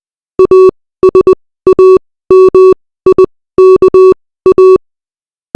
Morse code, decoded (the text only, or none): ASAMIKA